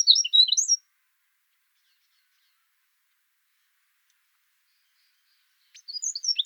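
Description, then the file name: Eurasian wren song, two brief bursts of high, rapid chirping notes, one at the start and one at the end, separated by silence. "Troglodytes troglodytes"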